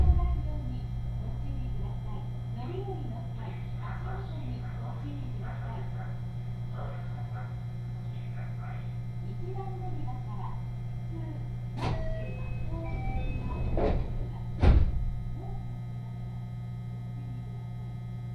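Aboard a Sanyo Line train from Himeji to Banshu-Ako, a steady low hum carries faint voices, with sharp knocks near twelve and fifteen seconds.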